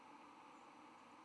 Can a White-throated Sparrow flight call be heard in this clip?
yes